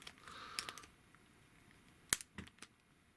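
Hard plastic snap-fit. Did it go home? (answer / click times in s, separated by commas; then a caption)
yes / 2.1 s. The plastic chest piece of a Transformers Kingdom Megatron robot figure is folded up into its locked position, with light plastic handling ticks and rustling in the first second. A sharp, short plastic click at 2.1 s marks the chest piece snapping into place, followed by a few softer taps.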